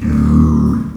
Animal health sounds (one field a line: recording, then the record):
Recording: squeal of a Yucatan mini pig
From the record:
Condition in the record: after surgery on the right vocal fold (resection and tissue-engineered implant)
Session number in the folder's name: 13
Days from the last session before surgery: 113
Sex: female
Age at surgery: 19 weeks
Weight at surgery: 25 kg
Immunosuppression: prednisolone